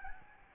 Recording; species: mosquito wingbeat signal from an infrared sensor; Aedes albopictus